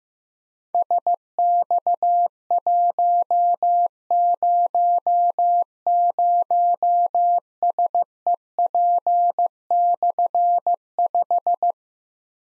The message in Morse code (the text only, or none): SX100SEP/5